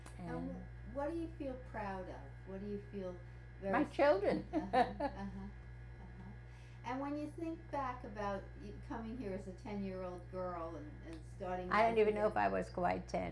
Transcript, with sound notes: And--
Uh-huh, what do you feel proud of? What do you feel very —
My children. [Laughs]
Uh-huh. Uh-huh, and when you think back about coming here as a ten year old girl and — and starting life —
I don't know even if know if I was quite ten.